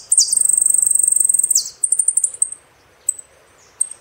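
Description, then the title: Saffron finch song: a long fast buzzy trill of high notes with a drooping end, then short high chirps separated by pauses. "Jilguero Argentino"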